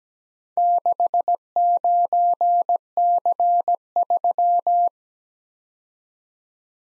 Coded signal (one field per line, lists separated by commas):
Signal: Morse code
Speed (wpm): 18 wpm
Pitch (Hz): 700 Hz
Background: none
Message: 69C3